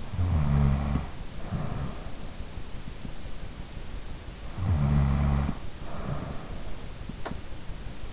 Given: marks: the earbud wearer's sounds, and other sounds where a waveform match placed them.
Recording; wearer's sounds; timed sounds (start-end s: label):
sounds in sleep by an in-ear microphone; snoring breath
0.00-2.08 s: snoring breath
4.46-6.66 s: snoring breath